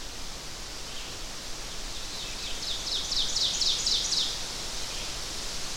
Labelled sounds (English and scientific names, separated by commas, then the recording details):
Ovenbird (Seiurus aurocapilla) song
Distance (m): 35 m
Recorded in boreal forest in Alberta, Canada, on 12 June 2016 at 05:57
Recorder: SongMeter 3, array SBT-3-18
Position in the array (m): 231 m, 89 m
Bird 31